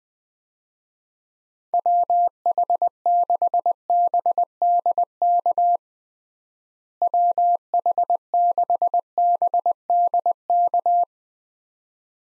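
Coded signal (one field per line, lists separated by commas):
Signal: Morse code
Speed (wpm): 20 wpm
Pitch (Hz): 700 Hz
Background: none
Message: WH6BDK WH6BDK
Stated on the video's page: Head-copy drill of US six-character call signs at 20 wpm, each sent twice before being spoken, then sent again.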